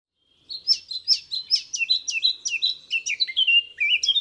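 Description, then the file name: Eurasian blackcap singing a quick, continuous run of sharp, varied notes, about three and a half seconds long. "Sylvia atricapilla"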